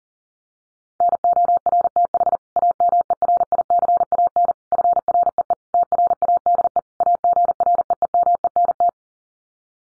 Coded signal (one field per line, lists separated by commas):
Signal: Morse code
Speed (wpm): 40 wpm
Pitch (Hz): 700 Hz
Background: none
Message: NORTH AMERICAN FREE TRADE AGREEMENT